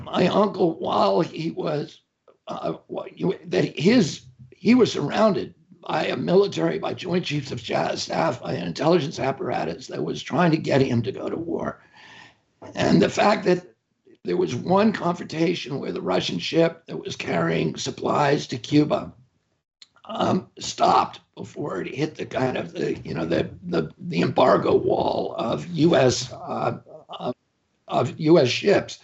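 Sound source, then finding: Adult male speaker. Spasmodic dysphonia.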